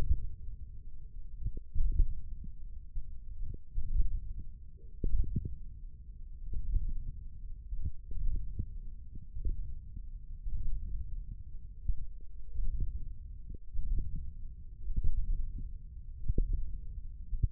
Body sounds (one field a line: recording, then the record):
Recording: forearm muscle sounds (acoustic myography)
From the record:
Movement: hook grip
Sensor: system 1, eight BSWA MPA416 microphones around the upper forearm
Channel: 2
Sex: male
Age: 20 years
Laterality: left